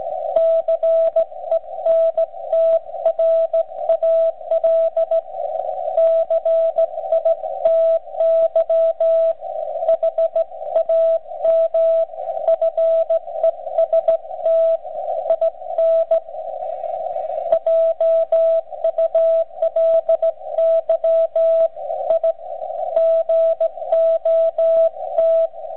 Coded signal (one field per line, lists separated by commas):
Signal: Morse code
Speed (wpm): 16 wpm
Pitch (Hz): 660 Hz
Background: radio noise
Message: CENTRAL CITY HAM FEST IN JULY I GOT